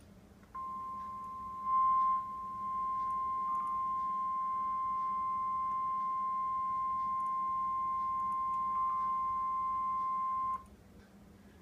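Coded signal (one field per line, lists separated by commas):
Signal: Emergency Alert System (SAME) tones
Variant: 1050 Hz attention tone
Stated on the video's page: Severe thunderstorm warning issued by the National Weather Service office in Huntsville, Alabama.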